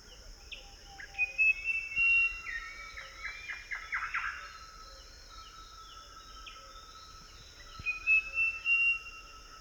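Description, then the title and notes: Western nicator song: bursts of rich whistled and chattering phrases, some sliding upward, in two bouts separated by a quiet pause, over a steady high hum. "Louis BoonさんノドジロムシクイヒヨWestern Nicator (Nicator chloris)"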